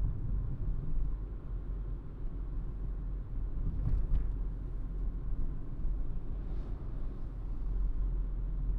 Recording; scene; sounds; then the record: everyday scene through a hearing-aid microphone; in a vehicle; engine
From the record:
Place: Berlingo II, diesel engine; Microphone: behind the ear, right, rear